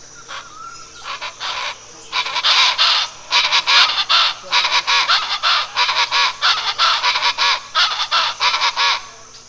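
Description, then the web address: Chachalaca calling: harsh, grating, rhythmic bursts of rough notes pulsing steadily for several seconds after a quieter start. Recorded in Belize. "belize birds birdsongs chachalaca"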